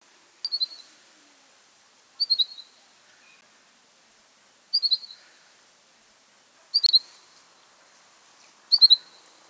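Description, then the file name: Common chaffinch calling with bright, clipped high notes in quick clusters of two or three, repeated about every two seconds in an otherwise quiet setting. "Fringilla coelebs"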